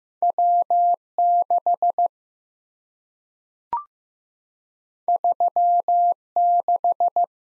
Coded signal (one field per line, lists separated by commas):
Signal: Morse code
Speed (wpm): 15 wpm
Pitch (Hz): 700 Hz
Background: none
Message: W6 36